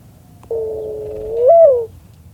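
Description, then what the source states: Mourning Dove giving a single long, low coo that holds steady, then swells and lifts briefly before falling away at the end. Cooing song described as sad and plaintive, often mistaken for an owl calling during the day.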